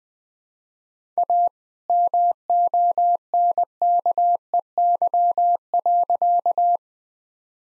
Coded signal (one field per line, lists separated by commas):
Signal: Morse code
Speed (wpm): 20 wpm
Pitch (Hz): 700 Hz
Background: none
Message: A MONKEY.